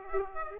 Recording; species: mosquito wingbeat signal from an infrared sensor; Aedes aegypti